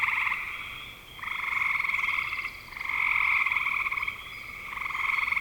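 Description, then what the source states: Frog chorus of buzzy pulsed trills overlapping steadily, rising and falling in strength in waves of a second or two, with faint higher notes above. Recorded in spring 2025.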